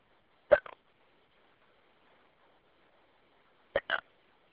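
Two sudden, sharp hiccups from an adult, about three seconds apart, each a quick double burst with a gulping catch, heard over a quiet phone message. This is the involuntary spasm-and-snap sound of ordinary hiccups.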